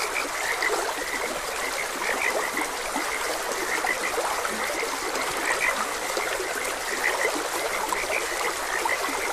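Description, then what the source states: Frogs call with quick repeated croaks scattered across the whole stretch, set against a loud, even wash of streaming water. Frogs croaking beside a gentle stream.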